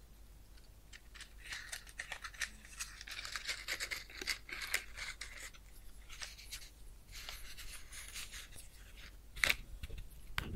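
Crackles and sizzles from a lit match fire, dense bursts of bright snapping ticks, busiest mid-clip, with a sharper pop near nine seconds.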